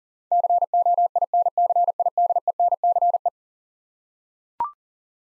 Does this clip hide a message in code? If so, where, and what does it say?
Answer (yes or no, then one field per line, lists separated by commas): yes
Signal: Morse code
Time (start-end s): 0.3-3.3 s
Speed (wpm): 40 wpm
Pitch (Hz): 700 Hz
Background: none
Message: COINCIDENCE